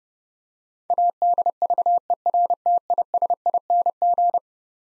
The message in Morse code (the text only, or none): ADVERTISING